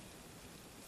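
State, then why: Not seated. A plastic Minicon deployer piece is lined up and pushed back into the sidecar of a 2015 Transformers Robots in Disguise Fracture toy so its side tabs can go into the grooves and lock. A steady, faint broadband hiss runs throughout, with a short, louder sound near 0.9 s at the very end. Nothing has seated or clicked yet.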